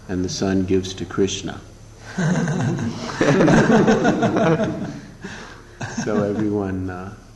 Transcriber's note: laughter